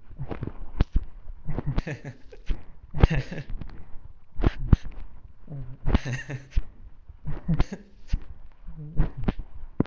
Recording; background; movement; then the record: laughter; quiet; walking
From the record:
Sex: male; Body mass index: 20.5 kg/m2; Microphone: on the chest, facing the body